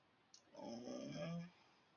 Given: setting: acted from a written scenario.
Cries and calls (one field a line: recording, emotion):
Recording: vocal sound without words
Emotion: sympathy